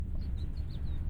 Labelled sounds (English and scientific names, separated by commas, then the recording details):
House Finch (Haemorhous mexicanus) song
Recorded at North Valley Stream on Long Island, New York, on 11 June 1975
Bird C